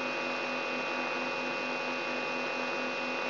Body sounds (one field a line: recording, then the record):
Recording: brain microelectrode recording played as sound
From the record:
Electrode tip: inside the subthalamic nucleus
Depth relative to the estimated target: -2 mm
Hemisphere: right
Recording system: AlphaMap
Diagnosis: Parkinson's disease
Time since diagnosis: 12 years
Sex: female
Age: 65 years